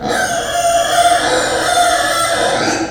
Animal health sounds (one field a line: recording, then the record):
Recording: squeal of a Yucatan mini pig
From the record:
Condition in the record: before surgery on the right vocal fold (resection and tissue-engineered implant)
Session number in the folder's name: 3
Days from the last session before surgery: 0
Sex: female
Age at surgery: 19 weeks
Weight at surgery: 25 kg